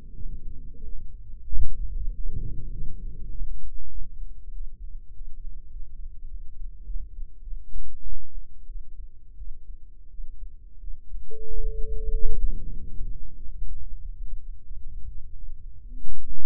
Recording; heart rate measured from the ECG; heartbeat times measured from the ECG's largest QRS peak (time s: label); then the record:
heart sounds by microphone in the right ear; 95 bpm
0.15 s: heartbeat
0.82 s: heartbeat
1.47 s: heartbeat
2.11 s: heartbeat
2.71 s: heartbeat
3.31 s: heartbeat
3.91 s: heartbeat
4.52 s: heartbeat
5.13 s: heartbeat
5.71 s: heartbeat
6.29 s: heartbeat
6.85 s: heartbeat
7.43 s: heartbeat
8.02 s: heartbeat
8.67 s: heartbeat
9.37 s: heartbeat
10.10 s: heartbeat
10.79 s: heartbeat
11.47 s: heartbeat
12.12 s: heartbeat
12.74 s: heartbeat
13.36 s: heartbeat
14.01 s: heartbeat
14.67 s: heartbeat
15.34 s: heartbeat
16.00 s: heartbeat
From the record:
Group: healthy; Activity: rest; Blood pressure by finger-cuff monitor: 100/66 mmHg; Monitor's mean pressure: 80 mmHg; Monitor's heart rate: 93 bpm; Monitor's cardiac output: 8.1 L/min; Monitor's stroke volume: 86 mL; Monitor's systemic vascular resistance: 710 dyn s/cm5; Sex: female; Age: 22 years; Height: 161 cm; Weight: 65.5 kg